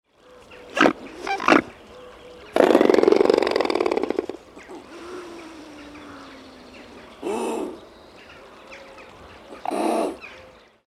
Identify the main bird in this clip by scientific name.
Cygnus olor